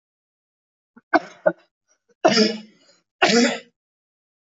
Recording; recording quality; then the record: heavy voluntary cough; excellent, no background noise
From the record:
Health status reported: healthy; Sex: male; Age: 22 years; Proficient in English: yes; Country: India